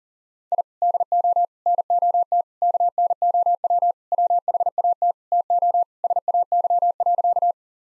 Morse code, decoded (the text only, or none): I DO NOT KNOW WHAT TO SAY.